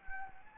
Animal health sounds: mosquito wingbeat signal from an infrared sensor; Anopheles gambiae

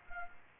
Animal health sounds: mosquito wingbeat signal from an infrared sensor; Culex quinquefasciatus

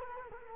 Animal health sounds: mosquito wingbeat signal from an infrared sensor; Culex quinquefasciatus

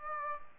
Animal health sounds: mosquito wingbeat signal from an infrared sensor; Aedes albopictus

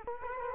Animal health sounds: mosquito wingbeat signal from an infrared sensor; Culex quinquefasciatus

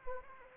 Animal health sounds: mosquito wingbeat signal from an infrared sensor; Anopheles arabiensis

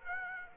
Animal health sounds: mosquito wingbeat signal from an infrared sensor; Aedes aegypti

